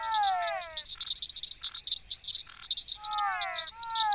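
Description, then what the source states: Frogs calling with a run of falling croaks at the start and more near the end, between them loud rapid insect pulses and a high steady whine. Frogs together with insects.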